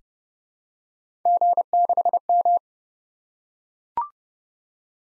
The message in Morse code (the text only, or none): G6M